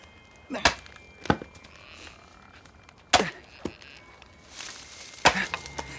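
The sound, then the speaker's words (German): An axe chops firewood for a fire that is going out, in sharp, irregular strikes, with about four loud cracking blows and some lighter knocks, the last followed by splintering crackle. The chopping is heard alone, with no talking. “Haben wir nicht noch was Holz? Klar, Maike. Gib mir mal die Axt.”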